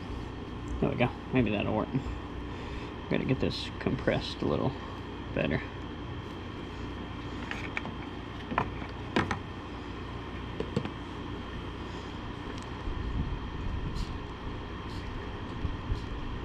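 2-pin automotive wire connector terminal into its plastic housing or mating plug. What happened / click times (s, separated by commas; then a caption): The wire connector is being worked but has not seated yet / none. While wiring into the factory aux power on a Tenere 700 motorcycle, a 2-pin automotive crimp connector with a plastic housing and metal terminal is worked by hand, its terminal going into the housing or mating plug. Someone talks, and short, sharp handling ticks come between about 7.5 and 9.3 s over a steady background hum. Nothing has seated or clicked yet.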